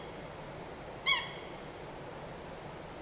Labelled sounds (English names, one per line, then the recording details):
Eurasian Coot
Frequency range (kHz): Eurasian Coot 1.0-8.7 kHz
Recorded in France